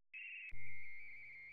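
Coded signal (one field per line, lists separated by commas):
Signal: RTTY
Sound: brief chirpy burst, then a steady tone warbling between two close pitches near 2 kHz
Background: low electrical hum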